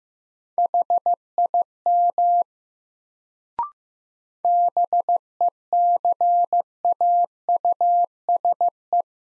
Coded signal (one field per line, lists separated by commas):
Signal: Morse code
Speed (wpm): 15 wpm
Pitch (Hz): 700 Hz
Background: none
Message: HIM BECAUSE